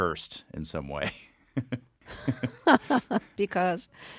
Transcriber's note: soundbite of laughter